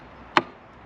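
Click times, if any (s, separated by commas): 0.4 s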